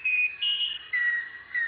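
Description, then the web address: Musician wren song, clear pure whistled notes held steady, the later ones lower in pitch than the first. "banco uirapuru"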